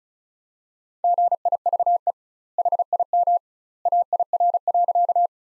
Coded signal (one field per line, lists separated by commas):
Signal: Morse code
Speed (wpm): 34 wpm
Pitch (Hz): 700 Hz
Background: none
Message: GIVE HIM AIR.